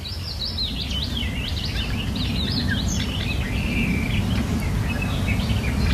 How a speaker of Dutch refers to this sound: die hoort aan de Dordtse kant van het Biesbos een loepzuivere nachtegaal. Ze neemt hem op